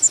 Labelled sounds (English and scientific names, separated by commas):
Prairie Warbler (Setophaga discolor) flight call